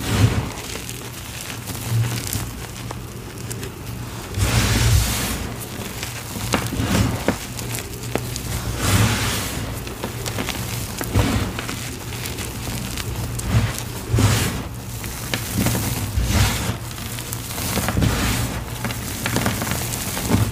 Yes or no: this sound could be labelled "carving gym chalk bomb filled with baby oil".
yes